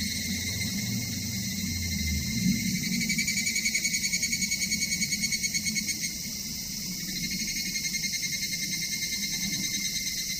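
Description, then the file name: Evening cicada song, a high shrill band with rapid pulsing of about three to four beats a second, starting after two seconds, over low rumbling background noise. "higurashi"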